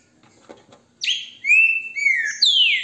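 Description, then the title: Green-winged saltator giving a single clear whistled phrase: a bright note, then long whistles ending on a high downward-slurred note. Beautiful song, recorded with a mobile phone held in the hand. "GRAVEI COM CELULAR NA MÃO, trinca ferro canto lindo"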